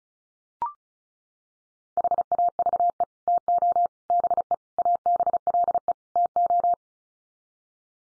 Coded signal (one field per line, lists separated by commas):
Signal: Morse code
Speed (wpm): 34 wpm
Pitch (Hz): 700 Hz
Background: none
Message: HAVE TO BE ABLE TO